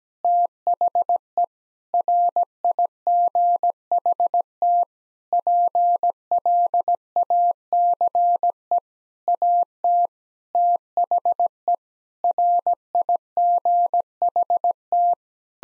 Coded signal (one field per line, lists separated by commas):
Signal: Morse code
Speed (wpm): 17 wpm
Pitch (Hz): 700 Hz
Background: none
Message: THE RIGHT PLACE AT THE RIGHT